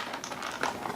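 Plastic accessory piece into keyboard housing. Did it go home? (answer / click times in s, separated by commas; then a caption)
no / none. A small plastic accessory piece is pressed into its place on a new old stock Ecovision AT keyboard with a 5-pin DIN connector. Light plastic taps and scrapes are heard around 0.2 s, 0.6 s and 0.9 s, the loudest near 0.6 s. The piece has not snapped or seated yet.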